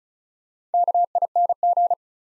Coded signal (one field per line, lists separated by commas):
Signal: Morse code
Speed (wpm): 36 wpm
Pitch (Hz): 700 Hz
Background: none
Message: KING